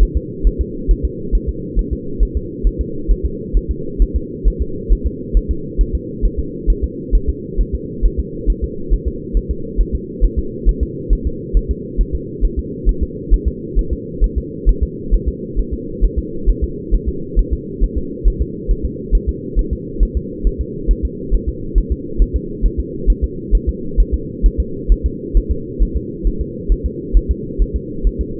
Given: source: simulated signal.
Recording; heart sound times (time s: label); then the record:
fetal heart sounds
0.03 s: S1
0.17 s: S2
0.47 s: S1
0.61 s: S2
0.91 s: S1
1.05 s: S2
1.35 s: S1
1.49 s: S2
1.79 s: S1
1.93 s: S2
2.23 s: S1
2.37 s: S2
2.67 s: S1
2.81 s: S2
3.11 s: S1
3.25 s: S2
3.57 s: S1
3.71 s: S2
4.02 s: S1
4.16 s: S2
4.47 s: S1
4.62 s: S2
4.92 s: S1
5.07 s: S2
5.37 s: S1
5.51 s: S2
5.81 s: S1
5.95 s: S2
6.25 s: S1
6.39 s: S2
6.70 s: S1
6.84 s: S2
7.15 s: S1
7.29 s: S2
7.60 s: S1
7.75 s: S2
8.05 s: S1
8.20 s: S2
8.50 s: S1
8.64 s: S2
8.94 s: S1
9.08 s: S2
9.37 s: S1
9.51 s: S2
9.81 s: S1
9.95 s: S2
10.25 s: S1
10.39 s: S2
10.69 s: S1
10.83 s: S2
11.13 s: S1
11.27 s: S2
11.57 s: S1
11.71 s: S2
12.01 s: S1
12.15 s: S2
12.45 s: S1
12.59 s: S2
12.89 s: S1
13.03 s: S2
13.33 s: S1
13.48 s: S2
13.79 s: S1
13.93 s: S2
14.24 s: S1
14.38 s: S2
14.69 s: S1
14.83 s: S2
15.14 s: S1
15.28 s: S2
15.59 s: S1
15.73 s: S2
16.04 s: S1
16.19 s: S2
16.50 s: S1
16.64 s: S2
16.94 s: S1
17.09 s: S2
17.39 s: S1
17.53 s: S2
17.83 s: S1
17.98 s: S2
18.28 s: S1
18.42 s: S2
18.71 s: S1
18.85 s: S2
19.15 s: S1
19.29 s: S2
19.59 s: S1
19.73 s: S2
20.03 s: S1
20.17 s: S2
20.47 s: S1
20.61 s: S2
20.91 s: S1
21.05 s: S2
21.34 s: S1
21.49 s: S2
21.78 s: S1
21.92 s: S2
22.22 s: S1
22.36 s: S2
22.66 s: S1
22.80 s: S2
23.10 s: S1
23.24 s: S2
23.55 s: S1
23.69 s: S2
24.00 s: S1
24.14 s: S2
24.46 s: S1
24.60 s: S2
24.92 s: S1
25.06 s: S2
25.37 s: S1
25.51 s: S2
25.82 s: S1
25.97 s: S2
26.27 s: S1
26.41 s: S2
26.72 s: S1
26.86 s: S2
27.17 s: S1
27.31 s: S2
27.62 s: S1
27.76 s: S2
28.07 s: S1
28.21 s: S2
From the record:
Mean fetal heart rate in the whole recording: 135 bpm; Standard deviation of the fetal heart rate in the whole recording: 3 bpm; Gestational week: 36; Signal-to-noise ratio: -4.3 dB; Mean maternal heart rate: 72 bpm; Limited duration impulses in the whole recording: absent